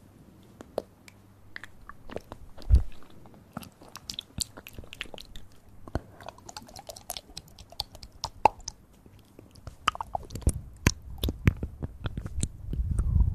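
Wet mouth sounds fill the recording: dense, irregular clicks, smacks and crunchy chewing snaps arriving several times a second. A louder burst lands near the three-second mark, and toward the end a low rumbling swells beneath the crisp clicks.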